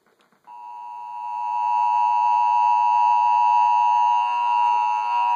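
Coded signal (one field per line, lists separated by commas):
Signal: Emergency Alert System (SAME) tones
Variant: 853 and 960 Hz attention tone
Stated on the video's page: Severe thunderstorm warning SAME tones heard on TV and NOAA Weather Radio.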